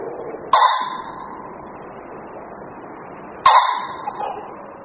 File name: Bažant-obecný